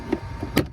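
The plastic glove box in the dashboard of a 2021 Honda HR-V is swung back up and pushed closed after the cabin air filter is replaced. A soft knock at 0.1 s is followed by a louder, sharper snap at 0.6 s as it catches. The glove box latches back in place and stays up.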